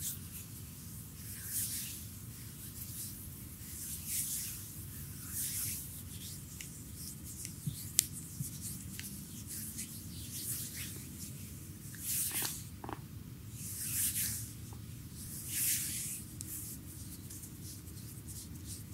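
Close, slick rubbing sounds from a full body massage with hot oil. Soft wet strokes come in repeated bright swishes about every second or two, some heavier ones near the middle, over a steady low murmur and faint room hum, with one small sharp tap around eight seconds.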